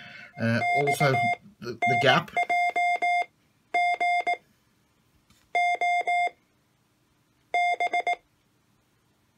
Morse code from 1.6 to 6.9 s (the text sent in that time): NJ G O